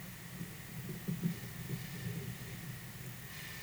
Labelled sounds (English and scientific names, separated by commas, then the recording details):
none
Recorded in pastures near Puerto Asís, Putumayo, Colombia, on 23 June 2025 at 10:30
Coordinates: 0.486, -76.323
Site H29